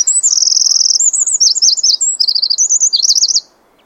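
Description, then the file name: Eurasian wren song: a loud, very high, rapid burst of sharp trills and warbled phrases, continuous for about three and a half seconds before stopping. "Troglodytes troglodytes"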